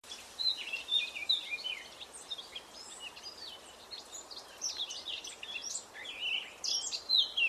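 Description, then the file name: Eurasian blackcap: bursts of sharp, twittering high notes with brief pauses, louder toward the end. "Sylvia atricapilla"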